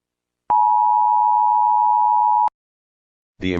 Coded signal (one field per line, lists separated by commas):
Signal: Emergency Alert System (SAME) tones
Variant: 853 and 960 Hz attention tone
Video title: The Sinkhole | EAS Scenario |